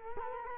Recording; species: mosquito wingbeat signal from an infrared sensor; Culex quinquefasciatus